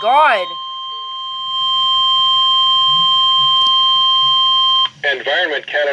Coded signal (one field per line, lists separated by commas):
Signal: Emergency Alert System (SAME) tones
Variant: 1050 Hz attention tone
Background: speech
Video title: EAS #90 - 92 4TH TRIPLE HEADER SEVERE THUNDERSTORM WARNING!!